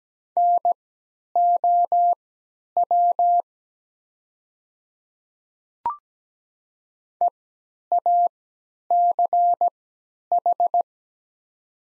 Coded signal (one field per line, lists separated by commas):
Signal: Morse code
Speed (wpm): 17 wpm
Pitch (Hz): 700 Hz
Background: none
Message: NOW EACH